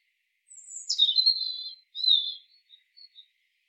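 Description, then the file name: European robin song phrase: a high note sliding down into a warbled trill, then a shorter twittering burst and a few soft closing notes. "Erithacus rubecula"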